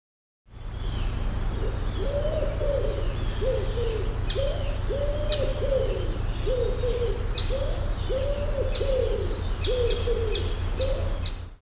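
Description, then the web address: Bird calls: a long run of low, mellow cooing notes, closely spaced and slightly wavering, with brief sharp high sounds and a deep hum throughout. "birddata Deverinetal Bird Co Pa"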